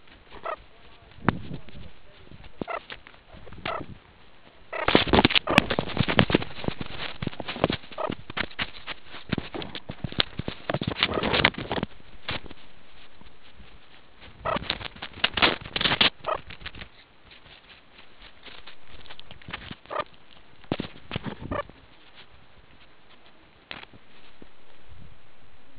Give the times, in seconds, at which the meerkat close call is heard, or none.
0.42-0.56, 2.65-2.79, 3.64-3.83, 4.70-4.87, 5.47-5.64, 7.97-8.12, 11.05-11.24, 14.43-14.60, 16.24-16.41, 19.89-20.04, 21.48-21.64